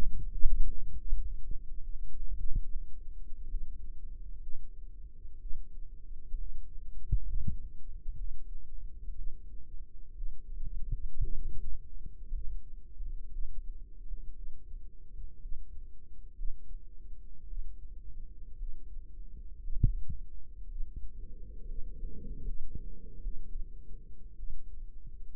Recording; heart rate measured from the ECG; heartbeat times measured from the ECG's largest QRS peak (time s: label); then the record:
heart sounds by microphone in the right ear; 62 bpm
0.18 s: heartbeat
0.97 s: heartbeat
1.82 s: heartbeat
2.70 s: heartbeat
3.49 s: heartbeat
4.42 s: heartbeat
5.40 s: heartbeat
6.38 s: heartbeat
7.26 s: heartbeat
8.17 s: heartbeat
9.15 s: heartbeat
10.14 s: heartbeat
11.21 s: heartbeat
12.32 s: heartbeat
13.31 s: heartbeat
14.35 s: heartbeat
15.40 s: heartbeat
16.35 s: heartbeat
17.47 s: heartbeat
18.57 s: heartbeat
19.60 s: heartbeat
20.69 s: heartbeat
21.66 s: heartbeat
22.43 s: heartbeat
23.21 s: heartbeat
24.37 s: heartbeat
From the record:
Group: healthy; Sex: female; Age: 28 years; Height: 170 cm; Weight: 77 kg